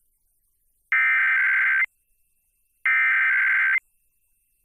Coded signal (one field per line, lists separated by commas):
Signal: Emergency Alert System (SAME) tones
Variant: header bursts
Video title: K-LOVE Weekly Test on WCCC Hartford, Connecticut (4/3/2024) (EAS #109)